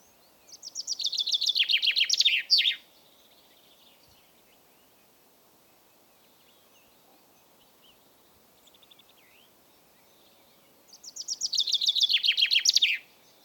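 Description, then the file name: Common chaffinch singing two bright rattling phrases, each a quick run of falling notes closing with an emphatic flourish, separated by about eight seconds of near silence. "Fringilla coelebs"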